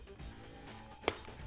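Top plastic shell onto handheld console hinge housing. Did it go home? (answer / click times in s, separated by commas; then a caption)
yes / 1.1 s. A plastic top shell is lined up on its tongue-and-groove locks over the hinge housing of a Nintendo DSi XL handheld console and given a gentle push. A single sharp snap sounds at 1.1 s over a low background hum. The shell seats on one side.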